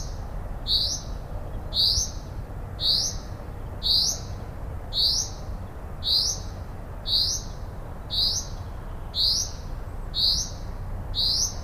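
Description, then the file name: Common Chaffinch uttering a single clear upward-sliding whistle again and again at a regular one-second rhythm, with a low continuous hum behind it. "Fringilla coelebs"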